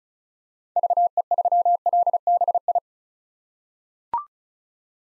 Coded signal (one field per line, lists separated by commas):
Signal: Morse code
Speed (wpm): 36 wpm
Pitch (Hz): 700 Hz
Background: none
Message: VE3LBI